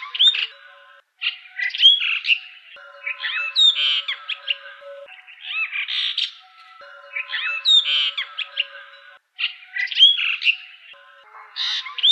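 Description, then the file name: Brahminy starling song: bursts of squeaky, chattering notes and rising whistles, given as phrases about every two seconds with short pauses between them. "jalak brahmana"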